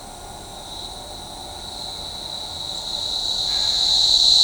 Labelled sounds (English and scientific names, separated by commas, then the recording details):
none
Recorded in shrubland near Pivijay, Magdalena, Colombia, on 18 April 2023 at 11:00
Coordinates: 10.453, -74.365
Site P5-G022